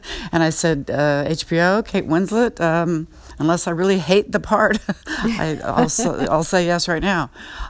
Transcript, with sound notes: And I said, HBO? Kate Winslet? Unless I really hate the part...
(Laughter).
...I'll say yes right now.